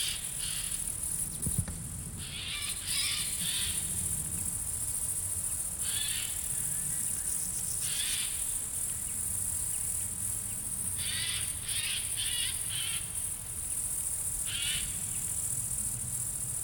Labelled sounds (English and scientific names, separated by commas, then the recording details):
Eurasian Jay (Garrulus glandarius) call
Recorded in the wild
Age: adult
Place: Treuchtlingen, Heumöderntal, Bayern, DE
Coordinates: 48.96, 10.91
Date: 1993-09-07
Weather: 20 °C, wolkig
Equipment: Marantz CP 430, Sennheiser MKH 416 T, Kopie Uher Variocord 263
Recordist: Tembrock, Günter